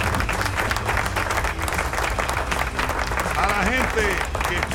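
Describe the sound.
Steady applause, a dense crackle of many clapping hands that holds at an even loudness throughout, with voices talking over it.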